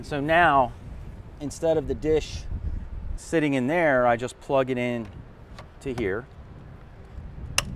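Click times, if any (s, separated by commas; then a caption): 7.6 s. A satellite internet dish's mast is plugged into the special top adapter of a flag-pole kit while someone talks, and a single sharp click sounds at 7.6 seconds. The mast snaps into place and is seated in the pole-top adapter.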